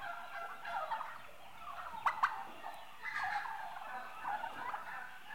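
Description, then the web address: Turkeys gobble softly amid a steady hiss of background noise, with two sharp clicks near the middle and another muffled gobble burst afterward. Domestic turkeys, livestock, several birds, eight months old. "The BBC Sound Effects Library. Turkeys 8 Months Old"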